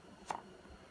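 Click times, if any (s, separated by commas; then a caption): 0.3 s. A handgun is pushed into a form-fitted leather holster, and a single sharp snap is heard at 0.3 s as it seats. The pistol is held in place by the holster's molded fit.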